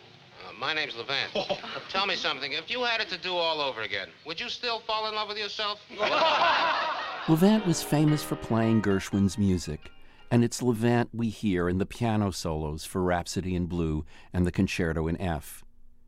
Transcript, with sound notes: My name's Levant. Tell me something. If you had it to do all over again, would you still fall in love with yourself?
(SOUNDBITE OF LAUGHTER)
Levant was famous for playing Gershwin's music, and it's Levant we hear in the piano solos for "Rhapsody in Blue" and the "Concerto in F."